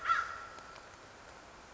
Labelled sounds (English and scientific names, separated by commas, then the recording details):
American Crow (Corvus brachyrhynchos)
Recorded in Sonoma County, California